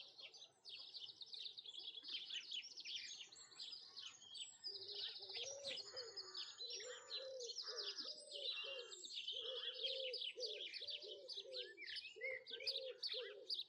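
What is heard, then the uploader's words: Dense birdsong fills the whole stretch, with many overlapping high, rapid chirps and trills. From about five seconds on, a lower bird repeats a soft cooing call at a steady rhythm, roughly once a second. A faint, constant wash of flowing water runs underneath. Birdsong and flowing water.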